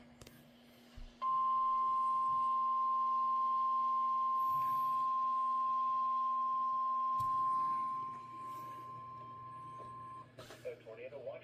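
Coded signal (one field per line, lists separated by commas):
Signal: Emergency Alert System (SAME) tones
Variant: 1050 Hz attention tone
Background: speech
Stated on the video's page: Real severe weather EAS alerts received in central Ohio, including Franklin County.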